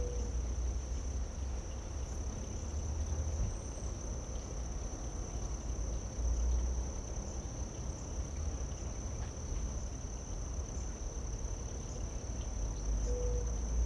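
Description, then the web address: Crickets keep up a continuous high, even trill across the whole stretch, with steady low background rumble and a couple of faint short low notes. Late summer. "Electra Quinney. Late Summer Crickets"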